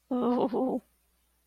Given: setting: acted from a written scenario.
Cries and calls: vocal sound without words; guilt

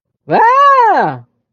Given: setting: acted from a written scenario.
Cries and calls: vocal sound without words; positive surprise

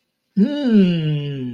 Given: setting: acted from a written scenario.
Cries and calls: vocal sound without words; interest

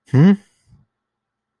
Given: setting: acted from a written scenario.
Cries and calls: vocal sound without words; realization

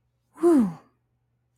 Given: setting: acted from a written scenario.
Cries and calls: vocal sound without words; relief

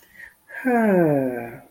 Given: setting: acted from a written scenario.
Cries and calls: vocal sound without words; relief

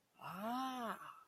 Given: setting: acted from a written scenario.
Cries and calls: vocal sound without words; positive surprise

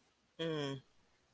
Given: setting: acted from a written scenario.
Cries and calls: vocal sound without words; contempt

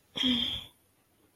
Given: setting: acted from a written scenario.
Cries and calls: vocal sound without words; embarrassment

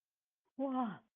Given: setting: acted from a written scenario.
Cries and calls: vocal sound without words; negative surprise

